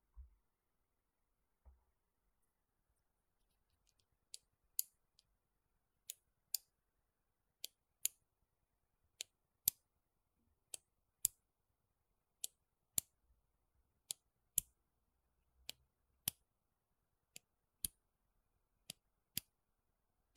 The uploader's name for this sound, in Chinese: 笔芯、本子、圆珠笔、键盘